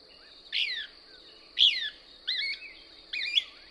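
Couch's Kingbird calls, four separate chirps, the first two sliding from high to lower pitch, the last two flatter and doubled.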